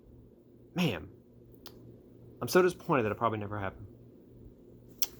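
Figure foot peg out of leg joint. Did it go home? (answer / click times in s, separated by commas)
released / 5.0 s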